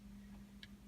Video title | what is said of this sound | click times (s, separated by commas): Building a $65 eBay tele guitar kit part 8 completion | Kind of pops right in. | 0.6 s